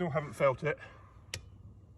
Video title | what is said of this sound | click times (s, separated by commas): Installing Chains on a Tesla Model X | Yeah, there we go, there was the click. | 1.3 s